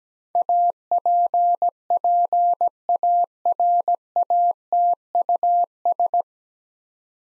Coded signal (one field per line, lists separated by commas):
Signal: Morse code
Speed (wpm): 17 wpm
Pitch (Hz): 700 Hz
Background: none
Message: APPARATUS